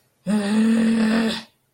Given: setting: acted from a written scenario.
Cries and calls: vocal sound without words; anger

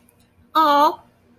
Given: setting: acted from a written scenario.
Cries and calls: vocal sound without words; adoration

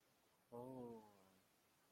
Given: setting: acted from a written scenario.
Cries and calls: vocal sound without words; sympathy

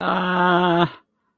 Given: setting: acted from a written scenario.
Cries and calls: vocal sound without words; pain

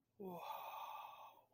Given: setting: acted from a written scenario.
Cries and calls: vocal sound without words; awe

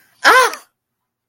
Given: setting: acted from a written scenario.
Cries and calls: vocal sound without words; fear

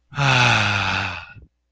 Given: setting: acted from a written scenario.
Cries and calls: vocal sound without words; relief

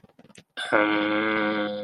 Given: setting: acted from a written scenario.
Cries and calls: vocal sound without words; confusion

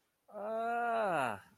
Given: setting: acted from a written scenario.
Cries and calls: vocal sound without words; fear

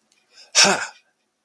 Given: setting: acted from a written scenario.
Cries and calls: vocal sound without words; realization

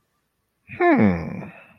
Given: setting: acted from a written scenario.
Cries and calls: vocal sound without words; interest

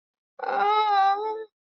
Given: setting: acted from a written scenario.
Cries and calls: vocal sound without words; pain

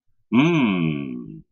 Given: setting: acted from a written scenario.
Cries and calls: vocal sound without words; pride

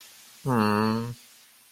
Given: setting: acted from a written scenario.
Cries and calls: vocal sound without words; sympathy

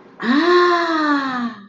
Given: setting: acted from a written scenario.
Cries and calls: vocal sound without words; desire

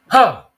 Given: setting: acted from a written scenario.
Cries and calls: vocal sound without words; negative surprise

